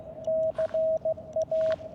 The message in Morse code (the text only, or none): CA